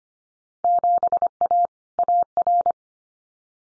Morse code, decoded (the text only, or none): 7A AR